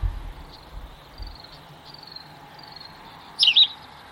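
White wagtail call: a brief, high double chirp near the end, two quick sharp notes, over low background noise.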